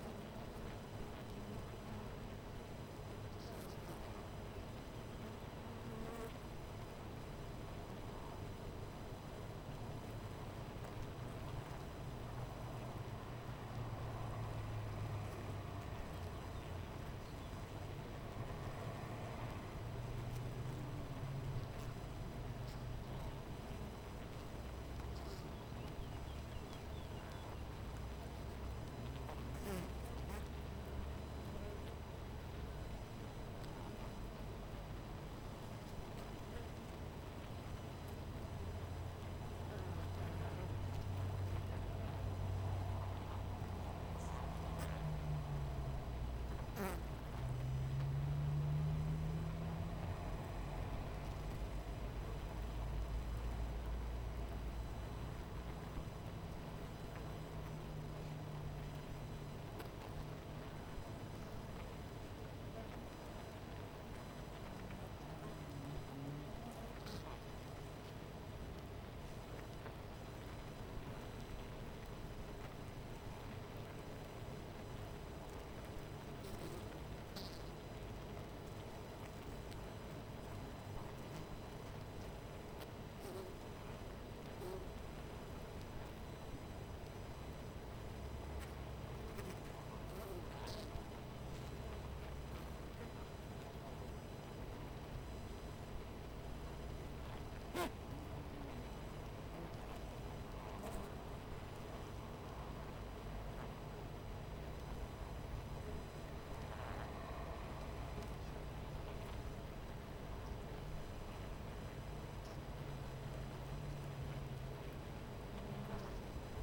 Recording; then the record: honeybee colony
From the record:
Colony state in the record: missing queen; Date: 14 July 2017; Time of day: 12:15